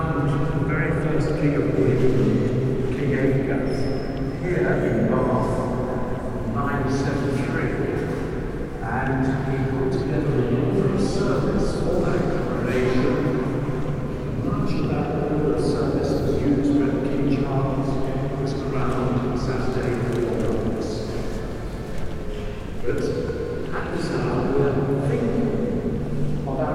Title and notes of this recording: Binaural Bath Abbey Ambiance. The sounds of echoing footsteps, hushed whispers reverberate